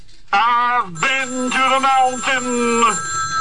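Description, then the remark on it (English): A voice imitates a ringing telephone, a sustained, buzzy, trilling tone in three short bursts, the pitch dipping and stepping between them, loud against a faint hum. “Hello? Hey, it's a phone call for you.”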